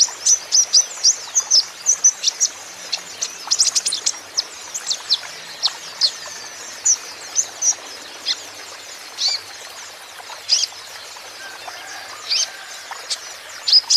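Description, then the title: Van Hasselt's sunbird singing high, sharp chipping notes in clusters, busy early then sparser with gaps, over a soft constant hiss. Young, green-plumaged (konin ijoan) kolibri ninja in lively (gacor) song; used as a lure and therapy so untrained (bahan) konin birds will answer. "KOLIBRI NINJA KONIN IJOAN GACOR COCOK UNTUK PANCINGAN TERAPI KONIN BAHAN PASTI NYAUT"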